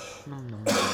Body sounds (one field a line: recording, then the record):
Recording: coughing mixed with background sound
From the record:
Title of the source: Cough Around the Clock!